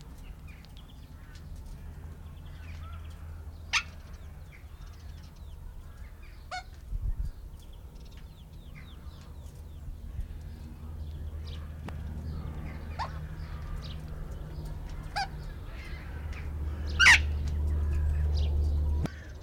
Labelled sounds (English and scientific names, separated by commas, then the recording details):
Burrowing Parrot (Cyanoliseus patagonus)
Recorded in captivity
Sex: male
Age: adult
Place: Tierpark Berlin, Berlin, DE
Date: 1993-03-13 10:49
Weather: 5-12°C, heiter
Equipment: Marantz CP 430, Sennheiser ME 80, Kopie Uher Variocord 263
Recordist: Tembrock, Günter
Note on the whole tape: Subspez. byroni: diverse Lautformen Männchen